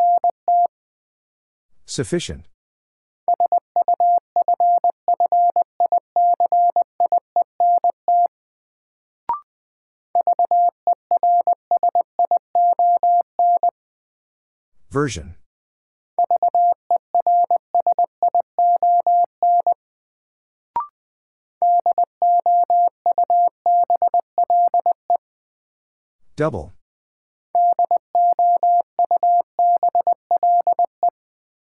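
A steady mid-pitched Morse code tone keys out rapid dots and dashes in bursts, broken every few seconds by short sharp clicks.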